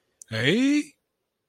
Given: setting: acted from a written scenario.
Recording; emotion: vocal sound without words; confusion